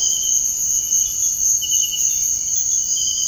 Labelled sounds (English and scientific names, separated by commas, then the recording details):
none
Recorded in dense forest near Puerto Asís, Putumayo, Colombia, on 20 February 2024 at 06:30
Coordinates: 0.485, -76.325
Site G6429